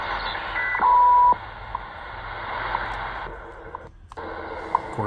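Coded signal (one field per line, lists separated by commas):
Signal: radio time signal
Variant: WWV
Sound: one loud half-second 1 kHz tone, then faint ticks amid hiss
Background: radio static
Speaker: here we have WWV out of Fort Collins Colorado a Time signal station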